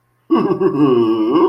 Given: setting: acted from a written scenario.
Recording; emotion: vocal sound without words; pride